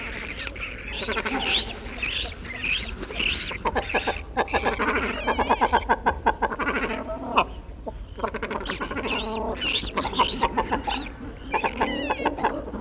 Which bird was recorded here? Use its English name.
Great Cormorant